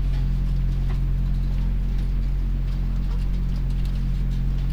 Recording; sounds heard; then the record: poultry house recording; sick chickens (respiratory disease)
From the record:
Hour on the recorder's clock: 1